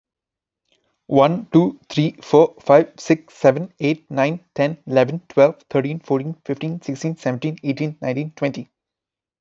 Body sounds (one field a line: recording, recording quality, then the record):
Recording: counting at a fast pace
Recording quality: excellent, no background noise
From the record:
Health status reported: healthy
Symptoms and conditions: none ticked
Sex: male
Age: 28 years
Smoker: not ticked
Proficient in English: yes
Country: India